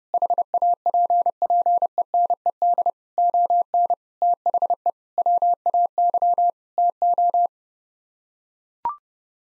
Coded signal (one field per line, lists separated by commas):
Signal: Morse code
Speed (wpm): 30 wpm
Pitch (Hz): 700 Hz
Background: none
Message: HAPPENED ON THE WAY TO